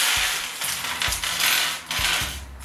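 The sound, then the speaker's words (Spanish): A bag of small screws from a computer case box is opened and the metal pieces clink and rattle against each other in bright, jangling bursts, with a few sharper taps scattered through. “Entonces, vamos a abrir ya la bolsa de los tornillos de la...”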